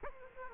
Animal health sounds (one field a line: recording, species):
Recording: mosquito wingbeat signal from an infrared sensor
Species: Aedes aegypti